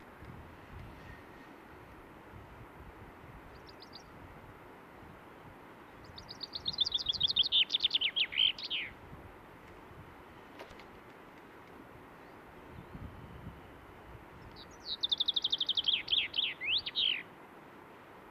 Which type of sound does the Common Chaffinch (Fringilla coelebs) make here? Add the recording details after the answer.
song. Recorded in the wild. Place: Oberstdorf, Bayern, DE. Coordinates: 47.4228, 10.2489. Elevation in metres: 910. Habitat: mountains. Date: 1977-04-02. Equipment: Nagra IV, Sennheiser MKH 405, Parabolreflektor. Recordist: Tretzel, Erwin